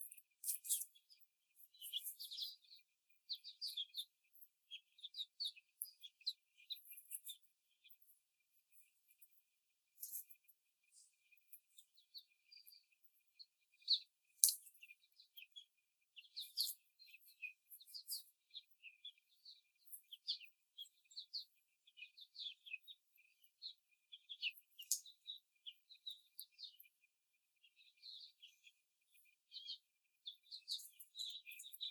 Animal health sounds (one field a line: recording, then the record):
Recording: young laying hens in a cage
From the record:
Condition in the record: before the stressor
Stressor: simulated dog barking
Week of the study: 4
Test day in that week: 2